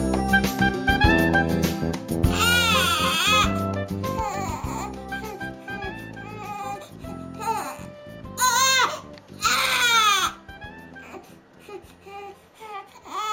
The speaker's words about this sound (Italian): Questo bambino sta piangendo, semplice, no? Elementare. Ma non è proprio così come si pensa, perché dietro ad un pianto c'è sempre una richiesta.